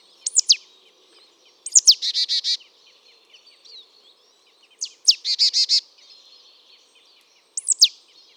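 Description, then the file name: Marsh tit calling: quick high downswept notes, some leading into fast buzzy chattering runs, against quiet background hiss. "Poecile palustris"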